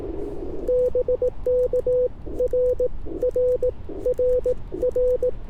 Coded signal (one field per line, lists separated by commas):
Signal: Morse code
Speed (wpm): 18 wpm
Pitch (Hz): 500 Hz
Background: none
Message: BK R R R R